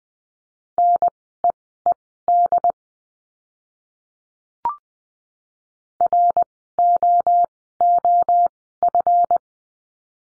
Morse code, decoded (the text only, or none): NEED ROOF